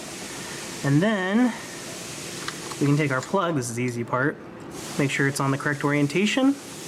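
Someone talks while handling the plastic electrical connector for the ignition coil pack on a 2013–2020 Ford Fusion 2.5L inline 4 after a spark plug change, lining it up in the correct orientation. A brief sharp tick is heard at 2.5 s between the words, but the clip ends before the connector is pushed home, so nothing has seated or clicked yet.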